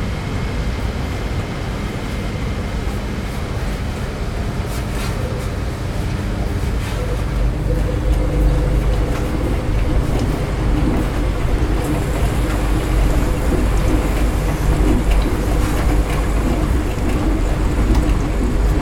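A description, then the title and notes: Laundromat machines rumble in a steady low drone for the whole stretch, with faint murmuring voices and scattered clicks and clinks over it. LAUNDROMAT.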